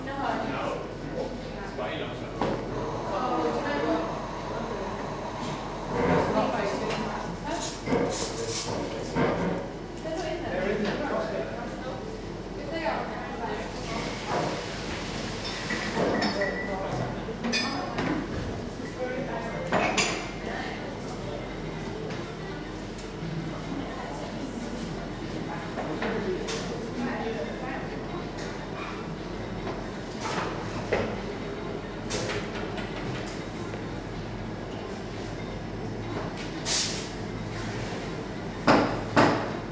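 A coffee shop hums with steady overlapping chatter over a low rumble, while sharp clinks of cups and dishes ring out now and then.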